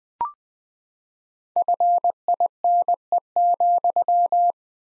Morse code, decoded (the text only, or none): FINE,